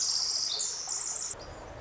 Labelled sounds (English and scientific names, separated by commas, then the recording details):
Pacific Wren (Troglodytes pacificus)
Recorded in Sonoma County, California